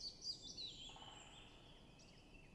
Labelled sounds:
Great Spotted Woodpecker (Dendrocopos major)

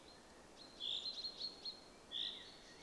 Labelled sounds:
Common Chaffinch (Fringilla coelebs)

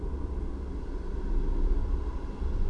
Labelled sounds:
none

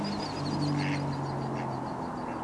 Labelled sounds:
Mallard (Anas platyrhynchos)

